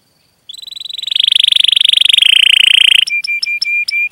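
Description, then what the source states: Canary song with a long, even, rapid trill that swells and drops slightly in pitch, then switches to evenly spaced sharp chipping notes. Singing energetically (gacor) with elaborate song phrases (cengkok, isian), in the style of Indonesian songbird keeping (kicaumania).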